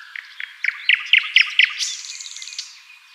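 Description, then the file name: Common nightingale song phrase: a series of evenly spaced notes that build up in loudness, then a dry buzzing rattle fading out. "Luscinia megarhynchos"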